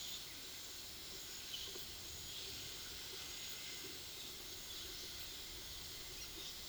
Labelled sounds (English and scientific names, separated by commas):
none